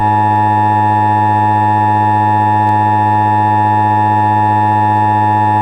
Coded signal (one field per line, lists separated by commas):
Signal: Emergency Alert System (SAME) tones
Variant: 853 and 960 Hz attention tone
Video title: EAS Mock - vintage Transmission screen from 80s/90s [Long Island NY]